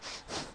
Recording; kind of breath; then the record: one breath in and out by a microphone near the nose and mouth; strong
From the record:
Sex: male